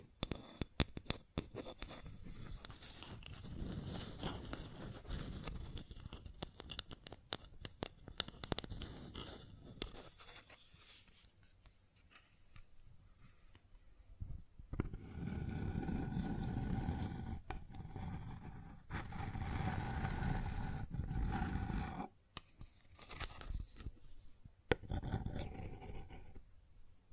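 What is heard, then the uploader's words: Objects scraping and knocking on a wooden surface, with dense rough rubbing in the first ten seconds punctuated by sharp taps. After a quieter stretch, louder grinding scrapes return around 15 and 19 seconds, with a steady low tone, then scattered clicks near the end. ASMR Sounds on Wooden Surface (No Talking).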